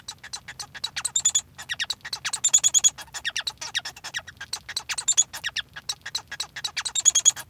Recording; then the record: song of a male Bengalese finch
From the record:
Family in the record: son of father 1